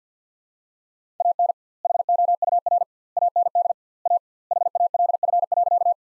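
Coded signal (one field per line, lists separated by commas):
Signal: Morse code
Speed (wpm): 50 wpm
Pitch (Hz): 700 Hz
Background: none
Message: AN HOUR AND A HALF.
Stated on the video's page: Morse practice sentences from the top 400 words at 50 wpm with 2x standard word spacing, a word-based analogue of Farnsworth spacing.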